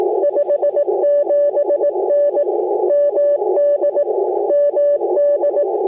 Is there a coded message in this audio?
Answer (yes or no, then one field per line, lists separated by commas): yes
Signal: Morse code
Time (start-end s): 0.2-5.6 s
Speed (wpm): 20 wpm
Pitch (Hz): 590 Hz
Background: radio noise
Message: 57N MD MD